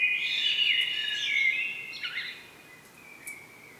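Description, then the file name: Common blackbird: dense overlapping tonal notes that fade throughout, with a thin trailing note near the end. "Turdus merula"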